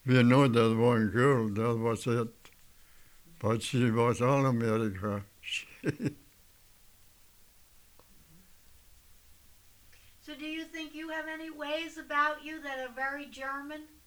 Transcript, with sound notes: We know that one girl. That was it. But she was all America. [Laughs]
So do you think you have any ways about you that are very German?